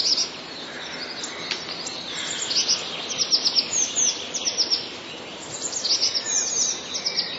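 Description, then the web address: Eurasian blue tit song: clusters of thin, high descending chirps repeated in short phrases, separated by quieter pauses, over a hissy background. "wroblowe teka spiew. modraszkoteka"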